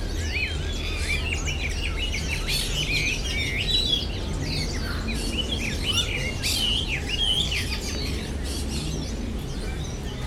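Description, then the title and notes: Bird: a dense chorus of birds twittering and chirping continuously, with sharp high notes over a rumbling low background. Birds singing at the Bird Garden, Mongkok, Hong Kong, 15 February 2008; recorded with AKG condenser microphones in XY stereo. "香港 旺角 雀鳥花園 雀鳥唱歌 (內附有人類語言中的粗囗) Bird Singing in the Bird Garden, Mongkok, Hong Kong Date: 15 February 2008"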